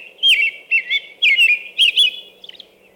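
American robin song: a few warbled, liquid phrases in quick succession, ending in faint high notes.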